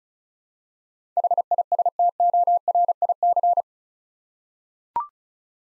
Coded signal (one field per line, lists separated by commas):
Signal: Morse code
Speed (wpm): 34 wpm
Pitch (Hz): 700 Hz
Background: none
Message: HISTORIC